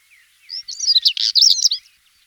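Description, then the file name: European stonechat song: one brief, hurried phrase of high, scratchy, squeaky notes tumbling together. "Klaskawka"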